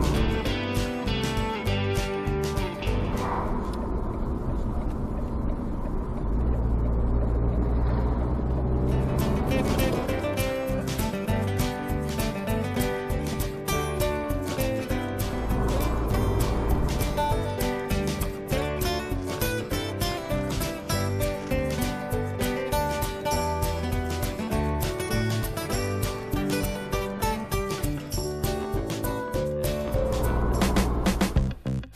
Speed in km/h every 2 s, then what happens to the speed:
43, 39, 33, 27, 27, 33, 40, 40, 39, 38, 36, 39, 39, 40, 41, 43.
0-6 slows to 27. 6-12 speeds up to 40. 12-32 steady at about 39.